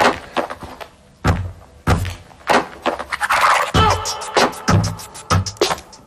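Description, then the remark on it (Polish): A rhythmic beat built from Adidas sneakers striking the ground, with added bass and hi-hat: repeated sharp, thudding impacts with scuffs and squeaky textures, coming in loud bursts that grow busier toward the end, with no voices. “Mamy konkretny bit tak zwany, czyli ten rytm, i to są dźwięki butów uderzających w ziemię.”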